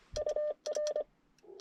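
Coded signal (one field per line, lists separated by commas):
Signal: Morse code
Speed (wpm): 24 wpm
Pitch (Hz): 590 Hz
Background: none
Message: UR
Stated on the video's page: CW Parks On The Air activation at a state forest using an IC-705; a solar flare mid-activation made signals fade and become much weaker.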